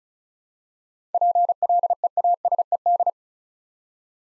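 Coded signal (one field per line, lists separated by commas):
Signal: Morse code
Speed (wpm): 36 wpm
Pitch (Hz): 700 Hz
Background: none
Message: PLEASED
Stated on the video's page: Morse word-copy practice drill at 35 wpm: seven-letter words, each sent twice for head-copy training.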